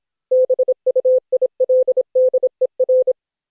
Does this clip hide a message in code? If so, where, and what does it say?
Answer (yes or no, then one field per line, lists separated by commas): yes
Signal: Morse code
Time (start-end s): 0.3-3.1 s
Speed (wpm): 26 wpm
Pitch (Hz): 510 Hz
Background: none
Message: BUILDER